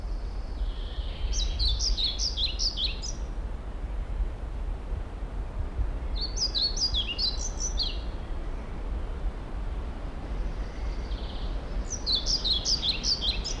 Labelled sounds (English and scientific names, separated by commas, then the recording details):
European Pied Flycatcher (Ficedula hypoleuca)
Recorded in the wild
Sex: male
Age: adult
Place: Mühlenbecker Wald, Brandenburg, DE
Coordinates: 52.689, 13.356
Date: 1993-05-08
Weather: sonnig, ca. 23 °C
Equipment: Marantz CP 430, Sennheiser ME 80, Kopie Uher Variocord 263
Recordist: Tembrock, Günter